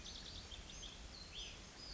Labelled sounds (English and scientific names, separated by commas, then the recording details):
Cassin's Vireo (Vireo cassinii)
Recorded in Sonoma County, California